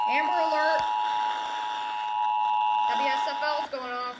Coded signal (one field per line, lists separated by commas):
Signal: Emergency Alert System (SAME) tones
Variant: 853 and 960 Hz attention tone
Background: speech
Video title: NC Amber Alert on 9 FM stations (EAS #153-#161)